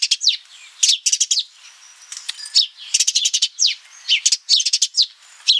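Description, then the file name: House sparrow chirping in quick bursts of sharp, repeated notes, with short quiet gaps between them. "Passer domesticus"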